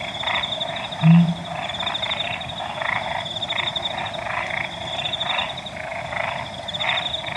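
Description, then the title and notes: Pel's fishing owl call: one short, very low hoot near the one-second mark, set against continuous croaking frogs and a thin, high buzzing drone. Calling at dawn, 4:01 AM, 15 August 2015, Okavango Panhandle, waking the recordist; very low call; Sound Devices 702 recorder with Sennheiser 418 stereo shotgun microphone. "Pel's Fishing Owl At Dawn. August 15 2015, 4:01 AM. Okavango Panhandle. Brian House. Okavango Wilderness Project"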